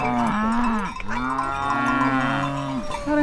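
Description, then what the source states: Cattle mooing: long, low, drawn-out moos with rich overtones, one after another, with faint metallic clinks in the background. Free-roaming cow herd on an alp in Val Gronda, Graubünden, Switzerland, walked through on the way up to the sheep, 3 October 2015.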